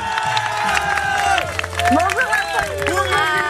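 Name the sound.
applause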